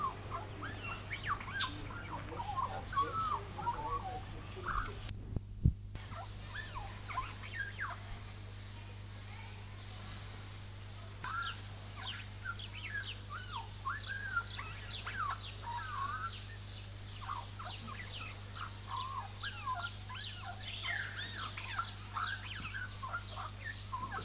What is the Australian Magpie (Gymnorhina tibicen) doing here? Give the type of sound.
song